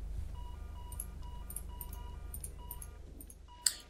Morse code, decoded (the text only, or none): none